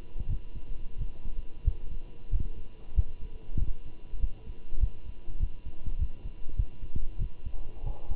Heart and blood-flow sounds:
heart sounds by stethoscope; between the tricuspid and mitral areas; 95 bpm
0.29 s: heartbeat
0.99 s: heartbeat
1.65 s: heartbeat
2.32 s: heartbeat
2.96 s: heartbeat
3.59 s: heartbeat
4.21 s: heartbeat
4.81 s: heartbeat
5.40 s: heartbeat
5.99 s: heartbeat
6.57 s: heartbeat
7.19 s: heartbeat
7.84 s: heartbeat
From the record:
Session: walking at 3.7 km/h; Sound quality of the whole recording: good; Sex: male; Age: 23 years

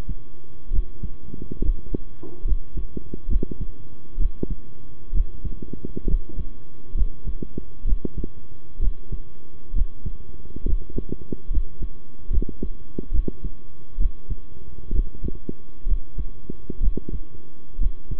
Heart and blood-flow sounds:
heart sounds by stethoscope; between the tricuspid and mitral areas; 67 bpm
0.70 s: heartbeat
1.61 s: heartbeat
2.44 s: heartbeat
3.28 s: heartbeat
4.17 s: heartbeat
5.12 s: heartbeat
6.06 s: heartbeat
6.94 s: heartbeat
7.84 s: heartbeat
8.79 s: heartbeat
9.73 s: heartbeat
10.65 s: heartbeat
11.50 s: heartbeat
12.30 s: heartbeat
13.11 s: heartbeat
13.97 s: heartbeat
14.92 s: heartbeat
15.86 s: heartbeat
16.80 s: heartbeat
17.78 s: heartbeat
From the record:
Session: rest, sitting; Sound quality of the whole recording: good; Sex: male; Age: 23 years

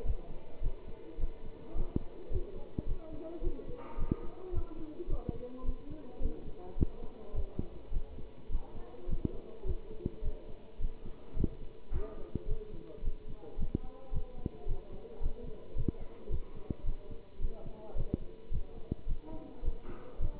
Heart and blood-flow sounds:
heart sounds by stethoscope; between the tricuspid and mitral areas; 107 bpm
0.04 s: heartbeat
0.61 s: heartbeat
1.18 s: heartbeat
1.74 s: heartbeat
2.30 s: heartbeat
2.86 s: heartbeat
3.42 s: heartbeat
3.97 s: heartbeat
4.52 s: heartbeat
5.08 s: heartbeat
5.63 s: heartbeat
6.20 s: heartbeat
6.76 s: heartbeat
7.33 s: heartbeat
7.91 s: heartbeat
8.49 s: heartbeat
9.07 s: heartbeat
9.64 s: heartbeat
10.22 s: heartbeat
10.79 s: heartbeat
11.35 s: heartbeat
11.91 s: heartbeat
12.47 s: heartbeat
13.02 s: heartbeat
13.57 s: heartbeat
14.11 s: heartbeat
14.66 s: heartbeat
15.21 s: heartbeat
15.75 s: heartbeat
16.29 s: heartbeat
16.84 s: heartbeat
17.39 s: heartbeat
17.95 s: heartbeat
18.50 s: heartbeat
19.06 s: heartbeat
19.63 s: heartbeat
20.19 s: heartbeat
From the record:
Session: pedaling a stationary bicycle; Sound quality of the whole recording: good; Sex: male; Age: 27 years

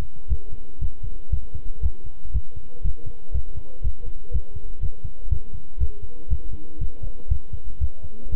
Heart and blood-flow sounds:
heart sounds by stethoscope; between the tricuspid and mitral areas; 120 bpm
0.29 s: heartbeat
0.81 s: heartbeat
1.32 s: heartbeat
1.82 s: heartbeat
2.33 s: heartbeat
2.84 s: heartbeat
3.34 s: heartbeat
3.83 s: heartbeat
4.33 s: heartbeat
4.82 s: heartbeat
5.30 s: heartbeat
5.80 s: heartbeat
6.30 s: heartbeat
6.80 s: heartbeat
7.30 s: heartbeat
7.81 s: heartbeat
8.32 s: heartbeat
From the record:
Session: walking at 3.7 km/h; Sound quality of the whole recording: good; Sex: male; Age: 25 years

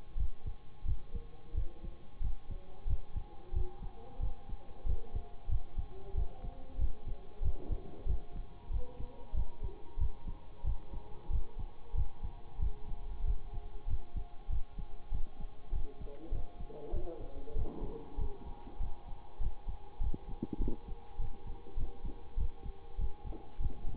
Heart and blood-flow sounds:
heart sounds by stethoscope; between the tricuspid and mitral areas; 95 bpm
0.16 s: heartbeat
0.84 s: heartbeat
1.54 s: heartbeat
2.20 s: heartbeat
2.86 s: heartbeat
3.52 s: heartbeat
4.19 s: heartbeat
4.85 s: heartbeat
5.48 s: heartbeat
6.14 s: heartbeat
6.78 s: heartbeat
7.41 s: heartbeat
8.06 s: heartbeat
8.70 s: heartbeat
9.33 s: heartbeat
9.97 s: heartbeat
10.63 s: heartbeat
11.29 s: heartbeat
11.94 s: heartbeat
12.59 s: heartbeat
13.24 s: heartbeat
13.87 s: heartbeat
14.49 s: heartbeat
15.11 s: heartbeat
15.72 s: heartbeat
16.31 s: heartbeat
16.92 s: heartbeat
17.55 s: heartbeat
18.17 s: heartbeat
18.79 s: heartbeat
19.40 s: heartbeat
20.00 s: heartbeat
20.59 s: heartbeat
21.18 s: heartbeat
21.76 s: heartbeat
22.36 s: heartbeat
22.98 s: heartbeat
23.59 s: heartbeat
From the record:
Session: bicycle stress test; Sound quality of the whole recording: good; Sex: male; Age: 26 years

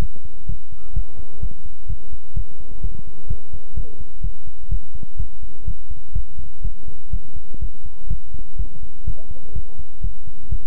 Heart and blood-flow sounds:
heart sounds by stethoscope; between the tricuspid and mitral areas; 126 bpm
0.46 s: heartbeat
0.93 s: heartbeat
1.40 s: heartbeat
1.87 s: heartbeat
2.34 s: heartbeat
2.81 s: heartbeat
3.28 s: heartbeat
3.74 s: heartbeat
4.21 s: heartbeat
4.69 s: heartbeat
5.17 s: heartbeat
5.65 s: heartbeat
6.13 s: heartbeat
6.62 s: heartbeat
7.10 s: heartbeat
7.59 s: heartbeat
8.08 s: heartbeat
8.57 s: heartbeat
9.05 s: heartbeat
9.53 s: heartbeat
10.01 s: heartbeat
10.49 s: heartbeat
From the record:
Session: pedaling a stationary bicycle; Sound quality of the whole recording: good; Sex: male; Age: 24 years

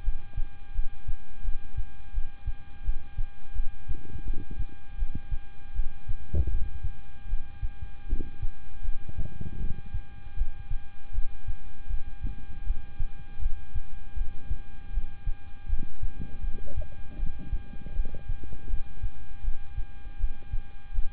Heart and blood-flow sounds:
heart sounds by stethoscope; between the tricuspid and mitral areas; 80 bpm
0.02 s: heartbeat
0.73 s: heartbeat
1.42 s: heartbeat
2.12 s: heartbeat
2.83 s: heartbeat
3.53 s: heartbeat
4.24 s: heartbeat
4.96 s: heartbeat
5.73 s: heartbeat
6.48 s: heartbeat
7.27 s: heartbeat
8.06 s: heartbeat
8.82 s: heartbeat
9.58 s: heartbeat
10.35 s: heartbeat
11.12 s: heartbeat
11.87 s: heartbeat
12.64 s: heartbeat
13.39 s: heartbeat
14.14 s: heartbeat
14.91 s: heartbeat
15.67 s: heartbeat
16.41 s: heartbeat
17.16 s: heartbeat
17.93 s: heartbeat
18.67 s: heartbeat
19.42 s: heartbeat
20.17 s: heartbeat
20.92 s: heartbeat
From the record:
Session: rest, lying down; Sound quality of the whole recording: good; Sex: male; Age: 26 years

